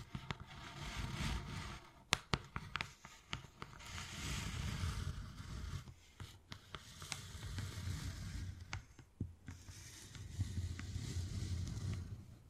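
Wood carving with tapping and scratching. Sharp, bright taps land irregularly, clustered around two to three seconds and scattered through the rest. Between them runs a low, rough scraping that swells and fades in long passes, with short pauses near six and nine seconds.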